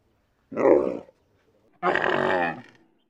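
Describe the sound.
Dromedary grunts: two rough groaning bursts, the second longer and buzzier, separated by a short pause.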